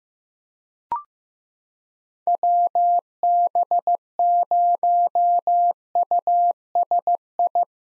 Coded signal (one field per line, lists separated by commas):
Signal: Morse code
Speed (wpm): 15 wpm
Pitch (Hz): 700 Hz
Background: none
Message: WB0USI